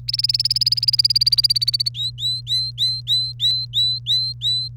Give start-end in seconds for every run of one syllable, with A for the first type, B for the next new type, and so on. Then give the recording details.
0.08-1.89 A, 1.94-4.68 B. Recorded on 1 May 2018 at 11:29. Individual llb3